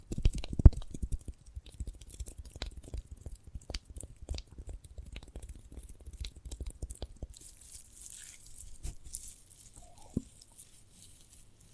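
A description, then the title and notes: Someone handles and bites into a sprouted coconut, with dense, irregular crunchy and chewing clicks through the first seven seconds, loudest near the start. After that the sounds thin out into scattered soft squishes and taps over a faint hiss, with one sharper snap around ten seconds. ASMR of a Sprouted Coconut (No Talking).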